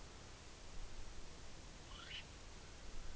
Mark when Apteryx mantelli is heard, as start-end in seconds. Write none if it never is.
1.65-2.58